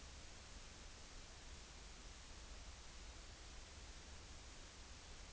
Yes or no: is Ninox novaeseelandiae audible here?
no